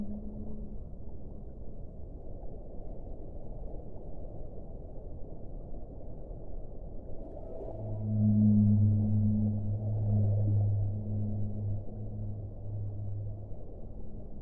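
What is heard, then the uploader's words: Whales sing low and deep beneath a steady murmur of muffled underwater noise. Around eight seconds a long, moaning call rises and swells, holding for several seconds before fading near thirteen seconds, with a faint higher tone drifting above it. Singing of whales.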